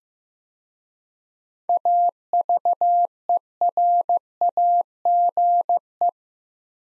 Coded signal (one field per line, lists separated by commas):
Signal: Morse code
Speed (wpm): 16 wpm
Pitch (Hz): 700 Hz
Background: none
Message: AVERAGE